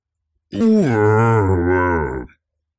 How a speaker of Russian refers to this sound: Лес задрожал от громкого рева лесного медведя.